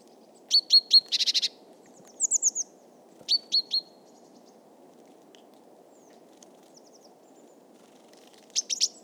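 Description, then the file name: Great tit calls: short high bright notes in quick groups of three or four, a brief harsh buzzy burst, then more clipped note clusters, over a steady low hum. "Parus major"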